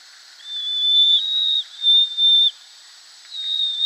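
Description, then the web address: Eurasian pygmy owl chick calling with a few long, level, high whistles, the last after a short pause. Downy young. "Schulze Peter Pygmy Owl"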